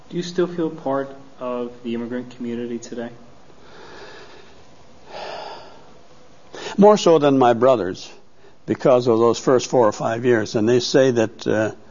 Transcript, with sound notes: Do you still feel a part of the immigrant community today?
( he sighs ) More so than my brothers, because of those first four or five years, and they say that